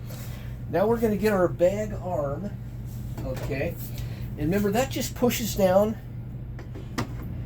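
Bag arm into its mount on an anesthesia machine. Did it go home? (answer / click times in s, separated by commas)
yes / 7.0 s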